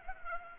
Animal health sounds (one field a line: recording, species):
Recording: mosquito wingbeat signal from an infrared sensor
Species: Culex pipiens